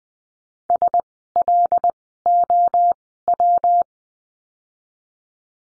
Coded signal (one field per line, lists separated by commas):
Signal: Morse code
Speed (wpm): 20 wpm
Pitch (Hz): 700 Hz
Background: none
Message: S L O W